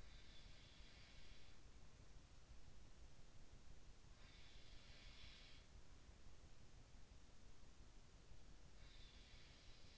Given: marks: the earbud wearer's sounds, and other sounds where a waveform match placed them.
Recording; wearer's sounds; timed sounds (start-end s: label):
sounds in sleep by an in-ear microphone; breath
0.00-1.55 s: breath
3.99-5.55 s: sound from someone else or the room
8.59-9.98 s: sound from someone else or the room